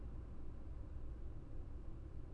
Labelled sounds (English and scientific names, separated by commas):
none